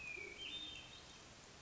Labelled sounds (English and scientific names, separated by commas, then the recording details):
Hermit Thrush (Catharus guttatus)
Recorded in Sonoma County, California